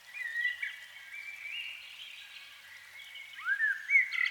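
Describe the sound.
Canary singing softly, a continuous warbling ramble of thin notes, ending with a few louder sweeping whistles and quick chirps.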